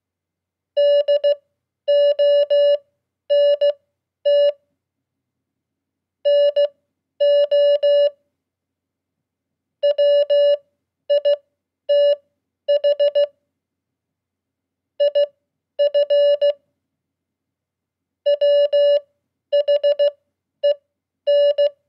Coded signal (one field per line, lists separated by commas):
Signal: Morse code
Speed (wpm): 16 wpm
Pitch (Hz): 580 Hz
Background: none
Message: DONT NO WITH IF WHEN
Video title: 100 Common QSO words @15wpm -- Beginning Morse Code